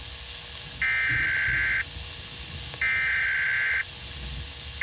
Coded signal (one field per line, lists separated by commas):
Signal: Emergency Alert System (SAME) tones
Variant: header bursts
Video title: Tornado Warning (EAS #124)